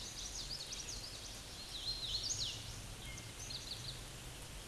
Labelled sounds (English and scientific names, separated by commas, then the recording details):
Hooded Warbler (Setophaga citrina) song
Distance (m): 20 m
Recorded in a Pennsylvania forest on 18 May 2023 at 08:43
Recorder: AudioMoth, point grid1_13_low
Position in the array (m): 155 m, 124 m